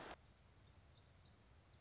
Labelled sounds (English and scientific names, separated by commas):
Black-throated Gray Warbler (Setophaga nigrescens)